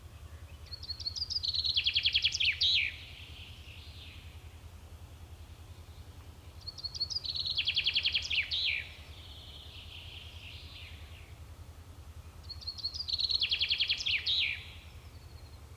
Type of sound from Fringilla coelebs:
song